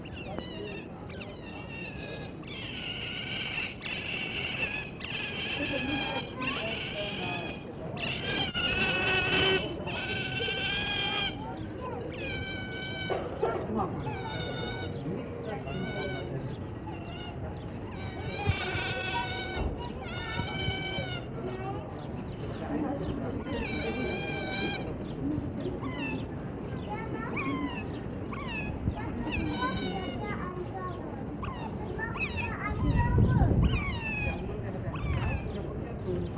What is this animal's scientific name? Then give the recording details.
Lutra lutra. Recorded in captivity. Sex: male. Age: juvenile. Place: Tierpark Berlin, Berlin, DE. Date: 1963-04-07. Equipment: Minifon, Kopie Smaragd. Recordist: TSA. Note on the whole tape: halbwüchsig, Männchen: diverse Lautformen